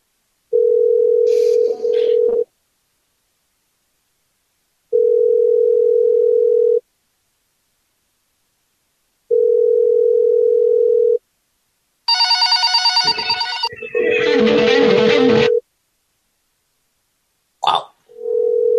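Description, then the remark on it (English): A telephone ringback tone repeats as steady, low, buzzy pulses about two seconds long with pauses between, then a harsh burst of electronic noise cuts in, followed by more tone and a click: a call being dialed to Great Baker's Bank. “Almost sounds like fake ringing.”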